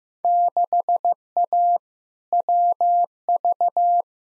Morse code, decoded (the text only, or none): 6A WV